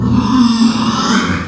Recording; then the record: squeal of a Yucatan mini pig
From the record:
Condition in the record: after surgery on the right vocal fold (resection and tissue-engineered implant); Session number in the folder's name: 13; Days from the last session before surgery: 113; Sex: female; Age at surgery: 19 weeks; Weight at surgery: 25 kg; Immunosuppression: prednisolone